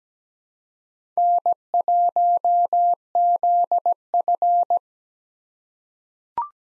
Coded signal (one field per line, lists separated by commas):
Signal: Morse code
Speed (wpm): 17 wpm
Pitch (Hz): 700 Hz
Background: none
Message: N1ZF